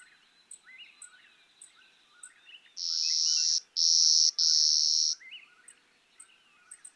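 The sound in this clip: Clay-colored sparrow song of three dry, level buzzes midway, surrounded by a background chorus of soft chirps and sharp high notes.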